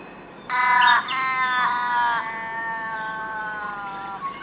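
Raven giving a long, nasal, wavering wail in a few joined parts, strongest at the start and trailing off slowly, with a faint short note at the end.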